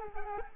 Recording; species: mosquito wingbeat signal from an infrared sensor; Culex quinquefasciatus